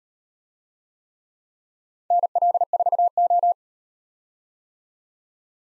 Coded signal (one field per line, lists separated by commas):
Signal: Morse code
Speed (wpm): 38 wpm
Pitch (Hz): 700 Hz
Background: none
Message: NL4O